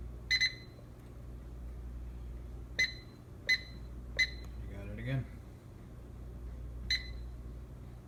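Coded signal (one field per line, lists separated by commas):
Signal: none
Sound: microwave's setting beeps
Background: speech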